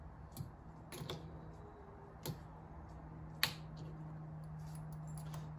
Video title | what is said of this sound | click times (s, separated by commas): Broken Roomba - Can We Fix it? | was a satisfying click oh | 3.4 s